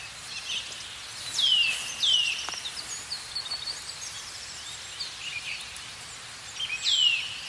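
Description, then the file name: Eurasian nuthatch calling: a pair of downward-slurred whistles, then a single matching whistle near the end, over soft high chatter. "Sitta europaea"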